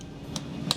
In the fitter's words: push buttons here. They just click right into place.